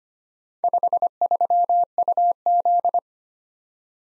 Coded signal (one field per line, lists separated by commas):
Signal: Morse code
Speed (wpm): 29 wpm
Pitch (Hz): 700 Hz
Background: none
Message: 53UZ